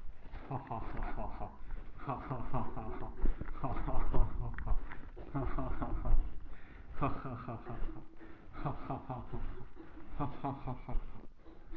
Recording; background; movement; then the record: laughter; a bystander coughing; walking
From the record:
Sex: male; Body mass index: 23.7 kg/m2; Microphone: on the chest, facing the body